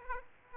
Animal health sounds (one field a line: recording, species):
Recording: mosquito wingbeat signal from an infrared sensor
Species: Aedes aegypti